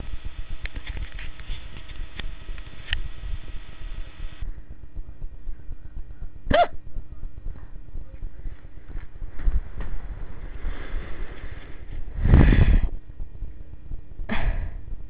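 An adult's hiccups: a few abrupt, sharp catches spaced seconds apart over a low, steady hum.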